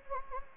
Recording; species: mosquito wingbeat signal from an infrared sensor; Anopheles gambiae